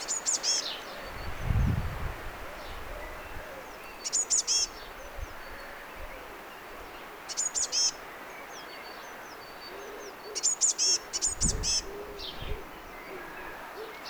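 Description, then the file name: Eurasian blue tit calls, short bursts of high thin notes repeated in groups every few seconds, with other faint bird notes, a low hum and occasional low thumps. "Cyanistes caeruleus"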